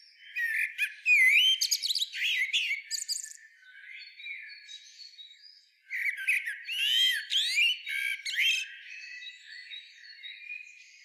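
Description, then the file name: Common blackbird gives loud, scratchy chattering phrases with slurred whistles, a softer interlude of low warbles, then another strong burst of harsh notes. "Turdus merula"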